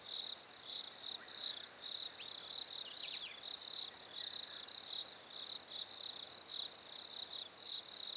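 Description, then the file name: Cricket chirping, a steady high pulsing trill that runs throughout, with brief sliding bird chirps breaking in now and then. Recorded at a lake in winter, with birds present. "fresh winter lake crickets birds"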